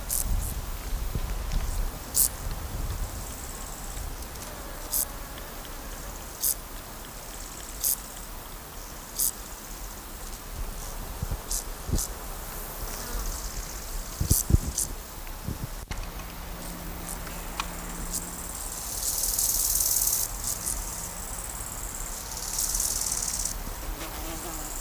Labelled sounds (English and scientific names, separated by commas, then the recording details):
Bow-winged Grasshopper (Chorthippus biguttulus) stridulation
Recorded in the wild
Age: imago
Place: Mühlenbecker Land, OT Summt, Brandenburg, DE
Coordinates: 52.7, 13.3667
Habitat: heath
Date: 1990-08-12 15:18
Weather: 28°C
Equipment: Marantz, Sennheiser ME 80
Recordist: Tembrock, Günter